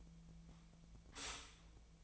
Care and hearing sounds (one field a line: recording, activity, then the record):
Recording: daily activity, microphone in the room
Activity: stop toaster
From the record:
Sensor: 1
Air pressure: 1009.2 hPa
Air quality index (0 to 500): 196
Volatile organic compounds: 19 ppm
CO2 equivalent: 2671 ppm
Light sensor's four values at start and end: 28/70/29/35 and 27/70/29/35